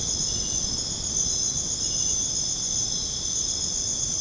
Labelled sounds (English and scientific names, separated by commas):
none